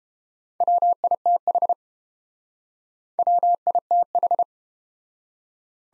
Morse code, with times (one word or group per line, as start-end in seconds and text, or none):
0.6-1.7 WITH
3.2-4.4 WITH